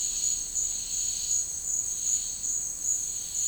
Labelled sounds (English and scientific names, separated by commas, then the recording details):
none
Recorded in dense forest near Puerto Asís, Putumayo, Colombia, on 13 March 2025 at 12:00
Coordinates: 0.485, -76.318
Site G056